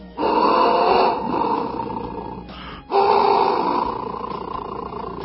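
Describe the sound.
A clay instrument imitates the call of a caiman from coastal zones: two long, loud, raspy grunting bursts, each roughly two seconds, separated by a brief pause. The low, rough tone fades slightly toward the end of each.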